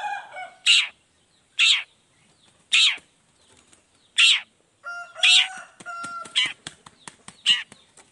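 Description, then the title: Long-tailed shrike giving loud harsh notes about once a second, later mixed with nasal drawn-out calls and quick ticking notes. Cendet heard in the morning, singing chattily ('gacor') with a 'toet toet' variation; played to make other shrikes respond quickly. "Langsung NYAUTTTTT ! Cendet Gacor Dor Di Kala Pagi Toet Toet Variasi Suara J. Cendet Gacor Langsung Nyaut Emosi Hanya dengan Sekali Putar Bikin Cendet Lainya Cepat Respon Bunyi"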